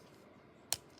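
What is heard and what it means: A plastic spider leg on the other side of a transforming action figure is folded at its joint, giving one sharp ratchet click at 0.7 s over quiet background. This is only the first of two clicks, so the leg is not fully home and a second click is still needed.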